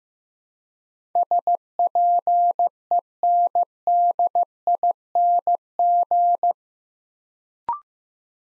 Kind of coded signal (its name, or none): Morse code